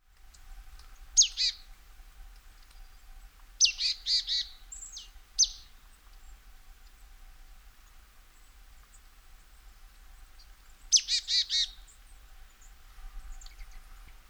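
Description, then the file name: Marsh tit calls: a sharp high note, then a run of buzzy, harmonic scolding notes, followed later by another burst of harsh buzzy notes, with quiet gaps between. "Poecile palustris"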